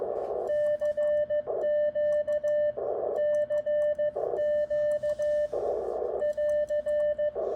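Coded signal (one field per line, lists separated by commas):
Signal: Morse code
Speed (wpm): 15 wpm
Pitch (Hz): 600 Hz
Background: radio noise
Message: CQ CQ <AR>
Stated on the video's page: QRP CW calls sent on the bench with an Elecraft K1.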